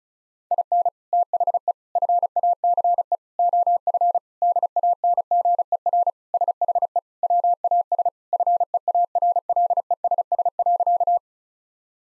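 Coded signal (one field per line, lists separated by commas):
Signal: Morse code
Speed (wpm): 36 wpm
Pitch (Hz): 700 Hz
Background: none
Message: IN THE FACE OF DANGER SHE WAS FEARLESS.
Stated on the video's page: Morse code practice sentences of common four-word phrases sent at 35 wpm, for head-copy training.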